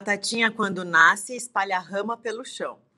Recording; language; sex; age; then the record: short text; Brazilian Portuguese; female; 40 to 49 years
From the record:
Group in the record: control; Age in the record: 44 years